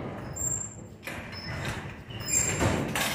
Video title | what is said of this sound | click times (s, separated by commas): vaccum circuit breaker Opretion and maintenance #humbe #vidio | तुमचा lock झाला. | 3.0 s